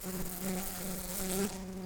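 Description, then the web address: Brown-banded carder bee buzzing, a steady low hum, continuous throughout. Workers. "Humilis workers"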